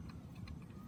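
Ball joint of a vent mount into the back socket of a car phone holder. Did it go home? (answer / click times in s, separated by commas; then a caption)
no / none. The plastic ball joint of a vent mount is handled against the back socket of a Karltys car phone holder being installed in a newer Honda Civic, with a retaining nut on the mount. Only faint handling ticks are heard over a low rumble, around 0.1, 0.5 and 0.6 seconds. Nothing has snapped or seated yet.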